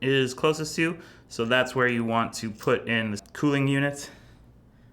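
A man talks while a cooling unit for a Mad Heaters Revolve Gen 2 dry herb vaporizer is handled, about to go into the vaporizer sleeve on the side closest to the airport. Only speech is heard, and nothing has seated or clicked yet.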